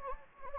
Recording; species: mosquito wingbeat signal from an infrared sensor; Anopheles gambiae